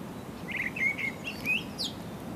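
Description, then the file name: Common blackbird with a short burst of soft fluty whistles followed by a high thin squeak. "Turdus merula"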